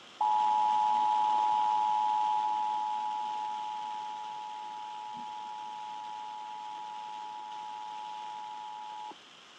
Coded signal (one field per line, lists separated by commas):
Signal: Emergency Alert System (SAME) tones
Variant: 853 and 960 Hz attention tone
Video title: Indian Point EAS Test (5/31/17)